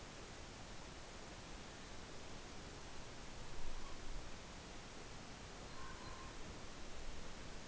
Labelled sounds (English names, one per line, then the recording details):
Morepork more-pork call
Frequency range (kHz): Morepork 0.9-1.3 kHz
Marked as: faintness 5/5
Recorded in New Zealand on 12 November 2013
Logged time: 02:19
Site Ponui